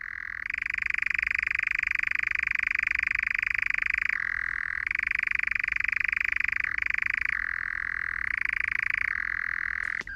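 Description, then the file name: European nightjar churring, a sustained rattling trill with several short pitch drops and rises. Churring described as rising and falling and continuous; nocturnal bird; in Ireland the sound was likened to a spinning wheel, giving it the local Irish name meaning spinning wheel. "rteradio 1-mooney-nightjarsr"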